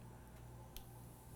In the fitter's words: you need to put this on with two thumbs make sure it clicks on there effectively